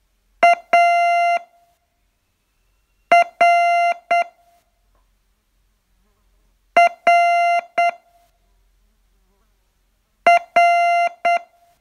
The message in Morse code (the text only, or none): A R R R